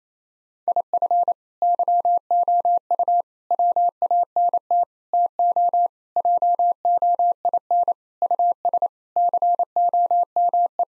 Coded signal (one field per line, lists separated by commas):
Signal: Morse code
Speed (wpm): 28 wpm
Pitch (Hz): 700 Hz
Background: none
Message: IF YOU WANT TO JOIN US COME